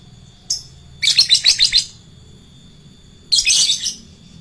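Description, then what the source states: Lovebird chattering song: a brief high chip, then a rapid series of about seven harsh, high squeaky notes, and a second burst near the end. Adult lovebird kept as a fighter bird.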